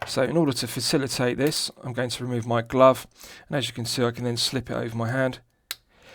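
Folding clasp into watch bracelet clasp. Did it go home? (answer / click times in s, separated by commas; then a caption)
yes / 5.7 s. Someone talks, then the folding clasp of a Nivada Grenchen Antarctic Spider watch's stainless steel bracelet is closed on the wrist after the watch is slipped over the hand. A single sharp, positive click is heard at 5.7 s as the clasp seats closed.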